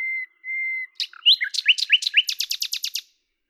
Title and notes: rossignol à LAVOURS. D83, 01350 Lavours, France. 10/05/1998